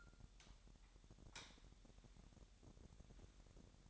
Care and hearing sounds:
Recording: daily activity, microphone in the room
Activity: light on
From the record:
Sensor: 3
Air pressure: 1011.9 hPa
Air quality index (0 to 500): 224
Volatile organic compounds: 4 ppm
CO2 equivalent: 1668 ppm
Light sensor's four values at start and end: 13/30/12/13 and 15/37/15/15

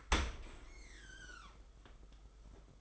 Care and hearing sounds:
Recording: daily activity, microphone in the room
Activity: open dishwasher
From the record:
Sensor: 5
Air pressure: 991.5 hPa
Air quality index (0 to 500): 117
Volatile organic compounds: 37 ppm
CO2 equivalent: 3099 ppm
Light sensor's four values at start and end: 39/124/47/50 and 39/124/47/50

